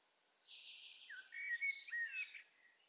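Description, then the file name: Common blackbird singing one sliding, warbling phrase that rises into a brighter twitter near its end, in a quiet background. "Turdus merula"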